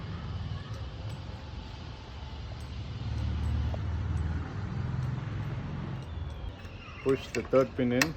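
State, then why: Not seated. A section of a home-built portable aluminium telescopic mast for HAM antennas is lifted and rotated to line up the dots until the pin hole shows, ready for the locking pin to be pushed in. Someone talks over low rumbling handling noise, and a few bright metallic rings and knocks sound near the end. Nothing has seated or clicked yet.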